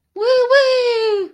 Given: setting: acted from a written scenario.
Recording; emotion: vocal sound without words; elation